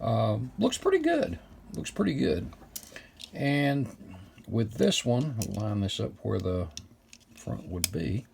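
A plastic part for a 1/32 scale Lumina model car is lined up where the front would be, over its holes in the plastic chassis, while someone talks and faint handling noises are heard. Nothing has seated or clicked yet.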